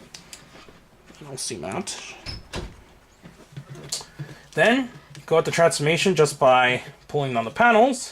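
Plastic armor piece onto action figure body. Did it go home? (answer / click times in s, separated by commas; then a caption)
yes / 0.2 s. A plastic armor piece is slid onto an action figure body, its small built-in clips catching on tiny notches until it locks into place with a sharp click at 0.2 s. A few quieter plastic clicks and taps follow while someone talks.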